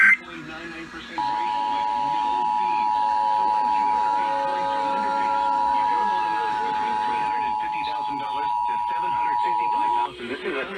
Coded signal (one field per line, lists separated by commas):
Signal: Emergency Alert System (SAME) tones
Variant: 853 and 960 Hz attention tone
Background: speech